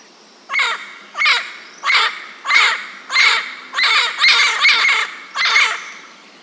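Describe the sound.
Bird giving harsh, raspy calls, about nine in all, unevenly spaced, with a faint steady background hiss.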